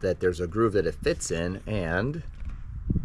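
Someone talks while holding a plastic Sea-Doo snap-in fender piece off the watercraft beside the groove of its mounting bracket that it fits into. A few faint, short handling ticks follow near the end as the piece is handled. Nothing has snapped or seated yet.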